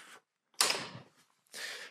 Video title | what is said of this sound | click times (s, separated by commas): Espin Nesta Full Review: An Affordable Folding, Fat Tire Ebike with Hydraulic Brakes! | and then of course you have the folding pedals simply push and they kind of lock into place | 0.6 s